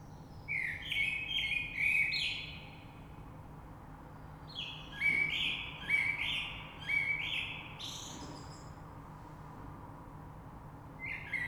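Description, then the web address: Common blackbird song with rich fluting notes run together into several quick phrases topped by high twittering, then a pause before another phrase begins. Recorded 3 March 2020. "oiseaux Rush Merle 3-3-2020"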